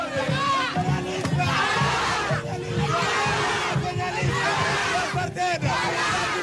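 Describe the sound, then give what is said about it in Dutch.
A crowd of thousands on a hot, dusty square in Ouagadougou, Burkina Faso, on 10 January 1983 roars and cheers as a soldier in a red beret, Thomas Sankara, steps forward: a dense wall of many voices with rising and falling shouts, whistles and cries, loud throughout with no pauses. “Wanneer een militair met een rode baret naar voren stapt, stijgt er gejuich op.”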